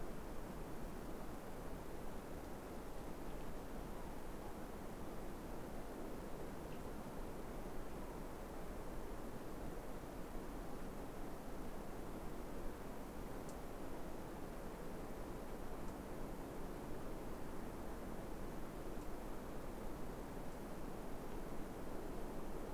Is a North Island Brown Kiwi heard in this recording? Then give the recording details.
no. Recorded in New Zealand on 3 December 2015. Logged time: 00:13. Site BZ73